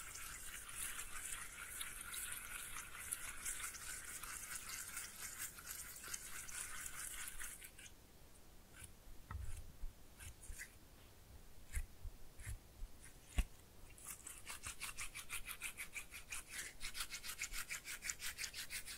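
Slime is squished and worked by hand, with a dense run of wet, crackly squelching through the first seven or eight seconds. A quieter stretch follows with scattered pops and a sharp snap near thirteen seconds, then rapid, rhythmic squishing returns to the end.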